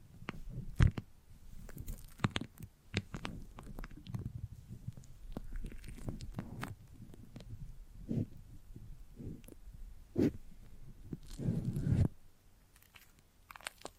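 A foamy, sticky massage of squishing, crackling and tacky clicks, dense and irregular like chewing or crunching. Sharp pops stand out near the first second and around ten and twelve seconds, and the sound thins to scattered quiet ticks in the last two seconds.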